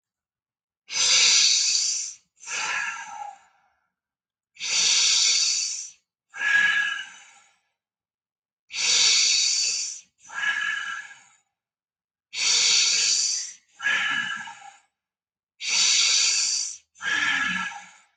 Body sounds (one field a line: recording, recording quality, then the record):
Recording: deep breathing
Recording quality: excellent, no background noise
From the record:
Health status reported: COVID-19 positive, mild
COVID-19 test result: positive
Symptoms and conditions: cough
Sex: male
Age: 36 years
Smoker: not ticked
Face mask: not worn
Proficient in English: yes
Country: India